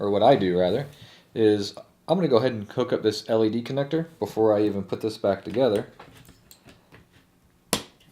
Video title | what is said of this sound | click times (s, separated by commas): EVGA Thermal Pad Installation GTX 1070 | it'll snap into place I will swing this over and | 7.7 s